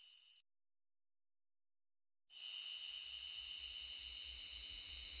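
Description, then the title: Cicada buzz heard briefly, then nearly two seconds of silence before a loud, steady high drone returns with faint low thumps beneath it. "Cicada_short"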